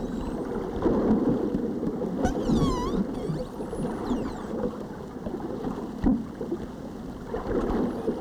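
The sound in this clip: Whale calls: a few short bending whistles and sweeping tones, with steady low rumbling and crackling water noise throughout.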